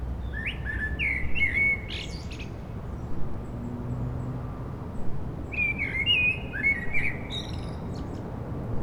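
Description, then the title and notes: Blackbird song: two mellow whistled phrases with squeaky high flourishes, separated by a pause of about three seconds, with steady traffic hum underneath. Several blackbirds singing after sunset on a mild day, eve of the winter solstice, on Rue Jacques Cartier, an urban street in Aix-les-Bains, France, with urban traffic. "Rue Jacques Cartier, 73100 Aix-les-Bains, Auvergne-Rhône-Alpes, France - Merle du solstice. En cette douce journée les merles commencent à chanter après le coucher du soleil, passages d'avions, circulation urbaine demain c'est le solstice d'hiver"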